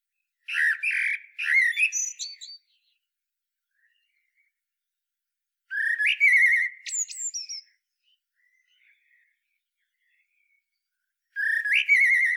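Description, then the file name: Common blackbird song: three loud phrases several seconds apart, fluty warbles ending in high, squeaky twitters, the last cut short, with silence between. "Turdus merula"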